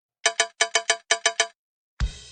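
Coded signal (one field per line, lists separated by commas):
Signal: none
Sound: music track's rhythmic beeps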